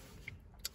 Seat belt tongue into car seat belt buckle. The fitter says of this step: the clip and put it in - you hear a clicking noise that